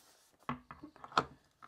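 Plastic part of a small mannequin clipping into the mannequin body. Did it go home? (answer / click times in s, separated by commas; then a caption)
yes / 1.2 s. A plastic part of a small, inexpensive mannequin is pushed into the mannequin body during assembly, with a series of short hard knocks and rubbing sounds as the pieces are fitted together. The loudest, sharpest snap at 1.2 s is the part clipping into place and seating.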